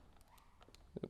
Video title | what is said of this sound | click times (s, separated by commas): Apžvalga: suktuvų antgaliai DD-DC ir DC UNI FF – Festool įrankiai ir priedai | pats patronas užsifiksuoja ir | 1.0 s